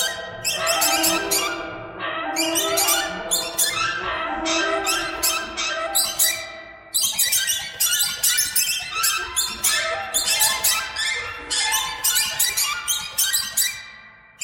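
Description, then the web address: Many birds twittering, fast squeaky chirps packed closely together for the whole stretch, the chatter swelling and easing in waves. "soundfactory birds"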